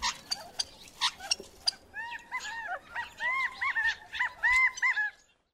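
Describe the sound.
Gambel's quail calling: sharp clicking notes early on, then a steady run of repeated arched, nasal notes from about two seconds until just before the end.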